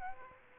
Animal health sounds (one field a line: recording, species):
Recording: mosquito wingbeat signal from an infrared sensor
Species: Aedes aegypti